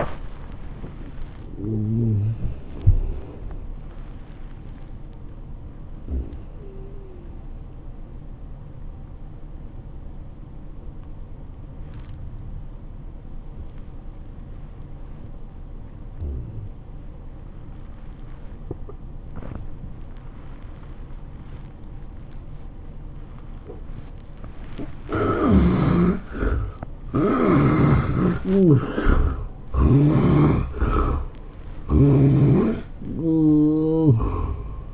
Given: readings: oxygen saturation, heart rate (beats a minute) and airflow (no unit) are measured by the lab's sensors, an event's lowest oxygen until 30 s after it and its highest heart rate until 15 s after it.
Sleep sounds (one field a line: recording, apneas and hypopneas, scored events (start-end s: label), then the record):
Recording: breathing in sleep by a smartphone at the bedside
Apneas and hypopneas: 1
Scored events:
7.00-25.50 s: obstructive apnea (N1, oxygen 97% highest, then 70% lowest, heart rate 103 at the start, 111 highest)
From the record:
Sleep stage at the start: N1 (lightest sleep)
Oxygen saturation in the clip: 68 to 97%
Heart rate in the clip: 92 to 110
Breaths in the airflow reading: 6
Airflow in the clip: -14.4 to 10.1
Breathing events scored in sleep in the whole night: 403 in 5.5 hours asleep